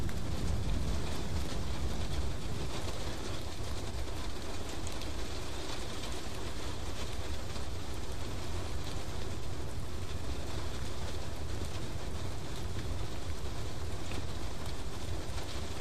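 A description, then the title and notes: Steady, dense rain hisses without pause, with a heavy low rumble underneath, like traffic, and faint scattered drips throughout. Sounds of rain for meditation and relaxation. Rain ambience, The sound of rain, Rain soundscapes.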